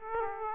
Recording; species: mosquito wingbeat signal from an infrared sensor; Aedes aegypti